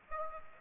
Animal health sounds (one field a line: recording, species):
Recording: mosquito wingbeat signal from an infrared sensor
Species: Aedes aegypti